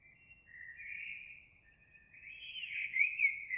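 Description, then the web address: Eurasian blackbird singing a soft fluted phrase that builds into louder warbling notes toward the end, over a faint low rumble. Recorded 26 April 2022. "oiseaux Merle 2022 04 26"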